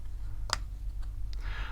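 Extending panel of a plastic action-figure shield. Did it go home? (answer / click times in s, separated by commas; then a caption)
no / none. The sliding panel of a plastic action-figure shield is pulled out to extend it. A brief sharp tap sounds near 0.5 s and a fainter one near 1.3 s, followed by a soft rustle over a low steady hum. Nothing clicks or locks into place, and the panel just hangs partly out.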